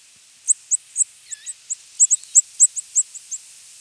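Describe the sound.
Ovenbird giving a rapid run of short, sharp, high notes, several a second, uneven in loudness, with a faint lower wavering whistle midway.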